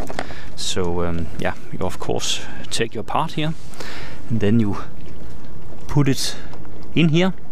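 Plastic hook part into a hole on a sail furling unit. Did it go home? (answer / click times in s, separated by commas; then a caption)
no / none. A cleaned plastic part with a small hook is handled and put into a hole in the fitting of a Seldén Furlex 100 S sail furling unit while someone talks. Faint handling sounds sit under the steady speech. The clip ends before the part is pressed home, and nothing has clicked or seated yet.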